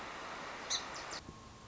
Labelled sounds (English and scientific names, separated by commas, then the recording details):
Song Sparrow (Melospiza melodia)
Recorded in Sonoma County, California